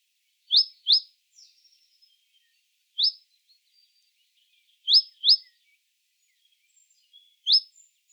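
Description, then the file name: Great tit calls: sharp, high, chipped notes given singly or in quick pairs, several seconds apart, over faint, soft twittering. "Parus major"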